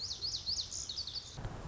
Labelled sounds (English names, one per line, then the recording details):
Lazuli Bunting
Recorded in Sonoma County, California